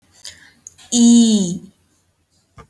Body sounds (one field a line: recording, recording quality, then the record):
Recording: sustained vowel as in beet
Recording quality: excellent, no background noise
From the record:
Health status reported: healthy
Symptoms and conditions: none ticked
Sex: female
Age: 20 years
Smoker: not ticked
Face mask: not worn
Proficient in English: yes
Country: India